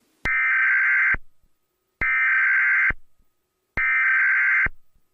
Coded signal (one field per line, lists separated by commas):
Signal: Emergency Alert System (SAME) tones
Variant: header bursts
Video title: EAS Scenario #10 - The Eclipse (200 Subscribers)